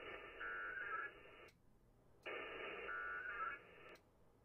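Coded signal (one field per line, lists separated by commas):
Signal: HF data modem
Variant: ARDOP or WINMOR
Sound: two harsh, hissing, warbling data bursts about 1.5 seconds each, with a short gap between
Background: radio static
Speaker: on Katie 7x ah come on we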